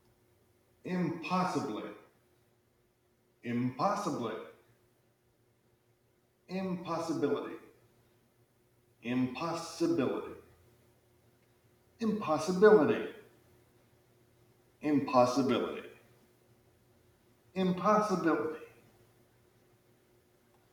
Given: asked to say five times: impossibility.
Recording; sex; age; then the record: repeated word; male; 30 to 39 years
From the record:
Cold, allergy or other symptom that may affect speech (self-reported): no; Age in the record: 33 years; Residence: Connecticut, United States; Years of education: 17